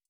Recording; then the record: hydrophone in a shrimp aquaculture tank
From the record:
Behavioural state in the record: stressed